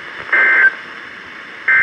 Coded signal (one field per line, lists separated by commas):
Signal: Emergency Alert System (SAME) tones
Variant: end-of-message bursts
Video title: Severe Thunderstorm Warning (EAS #1462)